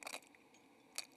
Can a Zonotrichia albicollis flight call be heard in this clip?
no